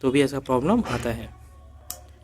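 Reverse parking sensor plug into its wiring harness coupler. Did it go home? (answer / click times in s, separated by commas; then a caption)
yes / 1.9 s. A man talks briefly, then after a quiet pause a single sharp click at 1.9 s marks a new reverse parking sensor being pushed into its plastic wiring harness coupler, which has a red lock. The sensor connector clicks into the coupler and is seated.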